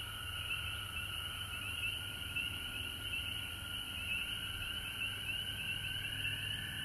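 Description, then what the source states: Many frogs trilling together, a high shimmering layer of calls over a lower steady band, with a soft low hum below. Recorded at home in Georgia on March 19, 2020.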